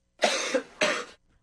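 Two harsh, loud adult coughs in quick succession; a dry irritant cough caused by chili pepper.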